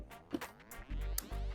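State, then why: Seated. A black plastic wiring-harness connector for the power source of an Eonon HCIV1X7 wireless CarPlay and Android Auto car stereo head unit is pushed into its socket in an 8th-gen Honda Civic Si. Over music, soft handling sounds are followed by a sharp snap at 1.2 s. The connector is seated.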